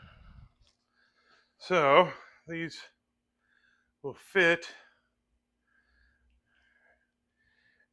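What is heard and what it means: A plastic turn-signal wiring connector is lined up with its mating connector during a Morimoto XB Hybrid LED headlight installation on a 2020 Ford F150. Someone talks in two short bursts over an otherwise quiet stretch with no hits. The connector has not clicked in yet.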